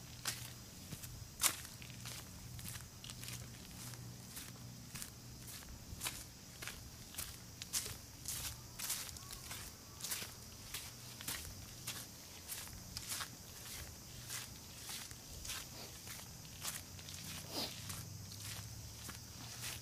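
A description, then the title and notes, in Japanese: Footsteps crunch steadily along a summer mountain trail, roughly two steps a second, with a faint insect buzz and low rumble behind. 環境音 夏山を歩く。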